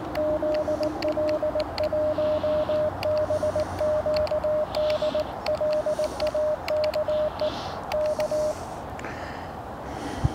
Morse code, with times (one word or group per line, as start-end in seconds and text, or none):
0.2-5.2 ZL1BQD
5.5-7.5 LAKE
7.9-8.5 K